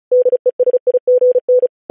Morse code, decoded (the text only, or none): DESIGN